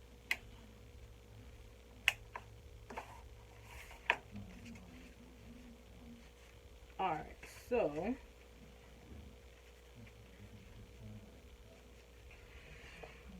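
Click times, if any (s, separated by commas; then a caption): 0.3 s, 2.1 s, 4.1 s. Magnetic snap halves sewn onto the pieces of a fabric makeup bag are pressed together to check that they snap in place and line up evenly. Sharp, short snap clicks land at 0.3, 2.1 and 4.1 seconds, with fainter taps between them, and the snaps seat. Someone talks.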